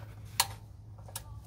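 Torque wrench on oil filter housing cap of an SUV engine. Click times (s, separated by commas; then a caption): 0.4 s. A torque wrench tightens the oil filter cap or drain plug on the oil filter housing of a Lexus LX570 / Land Cruiser SUV engine. It gives a sharp click at 0.4 s as it reaches its setting, followed by a fainter tick at about 1.2 s over a low steady hum. The wrench has clicked at its setting, and the cap is done.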